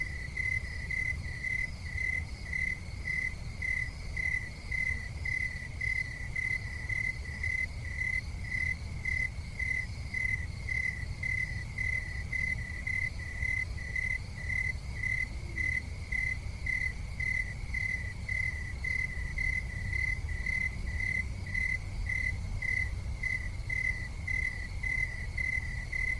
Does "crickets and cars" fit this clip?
yes